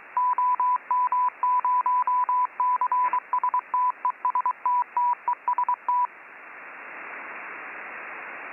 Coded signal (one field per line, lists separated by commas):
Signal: Morse code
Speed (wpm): 23 wpm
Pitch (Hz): 990 Hz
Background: radio noise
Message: OM0CSTESTTEST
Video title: PART 1: Working UHF Contest (ICOM IC-9700 + 8-ele.YAGI)